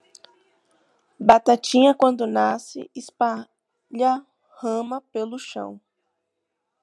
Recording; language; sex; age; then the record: short text; Brazilian Portuguese; female; 20 to 29 years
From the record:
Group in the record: control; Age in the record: 26 years